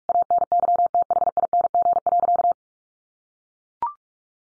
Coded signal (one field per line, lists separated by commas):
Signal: Morse code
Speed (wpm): 44 wpm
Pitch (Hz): 700 Hz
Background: none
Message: ANYTHING.